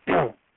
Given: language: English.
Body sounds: throat vibration sensor signal played as sound; throat clearing

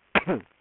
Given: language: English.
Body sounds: throat vibration sensor signal played as sound; cough

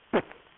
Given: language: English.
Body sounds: throat vibration sensor signal played as sound; cough

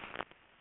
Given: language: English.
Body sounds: throat vibration sensor signal played as sound; swallow

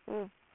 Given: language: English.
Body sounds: throat vibration sensor signal played as sound; speech

